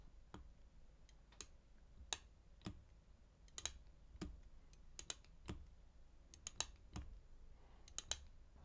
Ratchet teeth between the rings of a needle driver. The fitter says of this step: make that satisfying click and just listen to this so